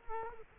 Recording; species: mosquito wingbeat signal from an infrared sensor; Culex quinquefasciatus